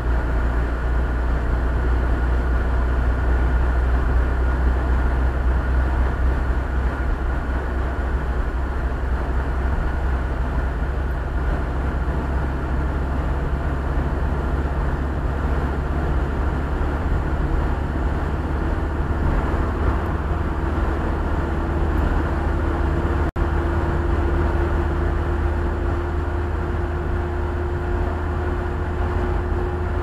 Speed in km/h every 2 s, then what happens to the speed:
55, 57, 59, 62, 62, 64, 65, 68, 68, 70, 70, 72, 74, 75, 76.
0-30 speeds up to 76.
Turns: none.